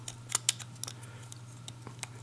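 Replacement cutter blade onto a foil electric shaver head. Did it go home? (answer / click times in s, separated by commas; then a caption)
yes / 0.5 s. A new Remington SPF-73 replacement cutter blade, after a fumbled first try, is slid onto the drive posts of a Remington FR-730 foil electric shaver head. Light plastic ticks and taps sound over a steady low hum, and the blade clicks into place at 0.5 s with the sharpest, loudest snap. It is seated.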